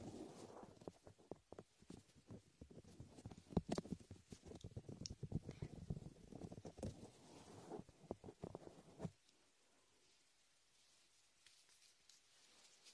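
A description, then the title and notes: Latex ear massage with shaving foam: dense squeaky rubbing and crackling strokes for about nine seconds, then a sudden stop into near silence. Latex ear massage with shaving foam for comfort.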